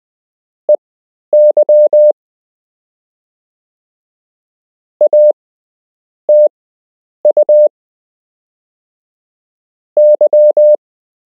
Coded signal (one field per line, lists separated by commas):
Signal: Morse code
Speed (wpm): 20 wpm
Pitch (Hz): 600 Hz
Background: none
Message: EY A TU Y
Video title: You can learn Morse code - Part 5